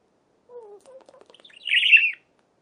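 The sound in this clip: Budgerigar chatter: a soft falling whistle, then quiet clicking notes, then a short loud burst of scratchy warbling.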